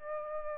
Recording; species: mosquito wingbeat signal from an infrared sensor; Aedes aegypti